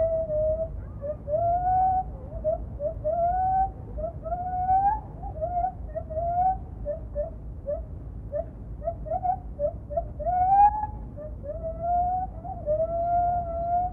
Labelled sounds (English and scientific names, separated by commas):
Lar Gibbon (Hylobates lar)